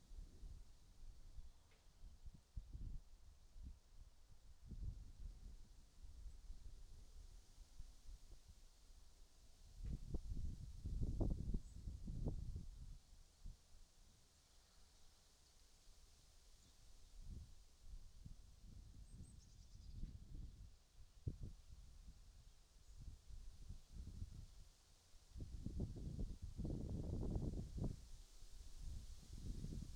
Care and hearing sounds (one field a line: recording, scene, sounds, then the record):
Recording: everyday scene through a hearing-aid microphone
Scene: wind on the microphone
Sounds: gentle breeze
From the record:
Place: in front of a rural house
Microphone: in the ear canal, right